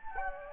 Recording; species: mosquito wingbeat signal from an infrared sensor; Anopheles gambiae